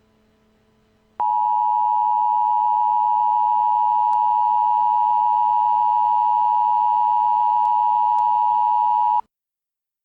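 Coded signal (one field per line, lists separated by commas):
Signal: Emergency Alert System (SAME) tones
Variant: 853 and 960 Hz attention tone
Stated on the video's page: Fictional EAS scenario, a Christmas special.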